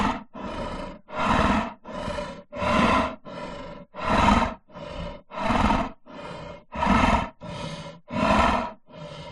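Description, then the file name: Lion giving rough, rhythmic breaths, many throaty huffs, steady and evenly paced with brief gaps between. "zapsplat animals lion"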